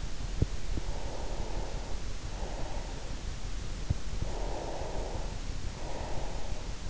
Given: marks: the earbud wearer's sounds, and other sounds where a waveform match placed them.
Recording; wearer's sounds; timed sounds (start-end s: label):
sounds in sleep by an in-ear microphone; breath
0.41-3.53 s: breath
4.18-6.90 s: breath